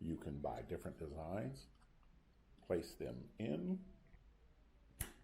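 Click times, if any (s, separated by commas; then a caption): 5.0 s. An interchangeable LED light insert is placed into a badge housing while someone talks. A single sharp click is heard at 5.0 s as the insert seats in place.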